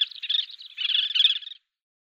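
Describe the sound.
Collared pratincole calls: a continuous run of harsh, chattering notes lasting about a second and a half, then silence.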